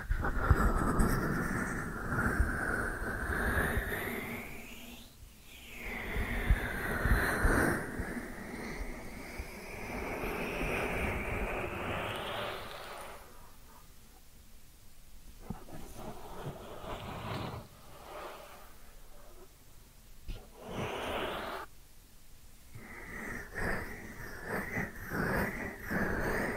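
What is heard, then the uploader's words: Ear cleaning triggers: dense rubbing and scratching fill the first thirteen seconds, with swooping sounds that rise and fall in pitch around the five- and twelve-second marks. After that the sound turns sparser, with short bursts of brushing and crackling separated by quiet pauses. ASMR 10 Sleep Inducing Ear Cleaning Triggers with Brain Penetration (No Talking).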